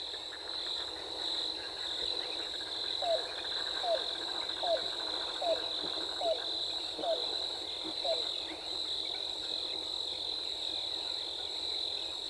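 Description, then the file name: Yellow-billed cuckoo giving seven short, sharp notes in an even series about one per second, set against a constant shrill insect hum. Recorded 14 April 2018. "2018-04-14 YBCU"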